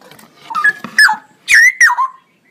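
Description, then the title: Straw-headed bulbul song: a few loud bursts of rich, gurgling whistled notes, sliding down after each peak, then silence. Male; described in Indonesian as gacor (singing persistently) with a loud voice and long, drawn-out 'ROoo EL' phrases. "GILEEE Cucak ROWO Jantan GACOR Suara Lantang ROoo EL Panjang"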